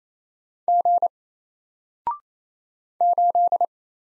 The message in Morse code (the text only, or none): G 8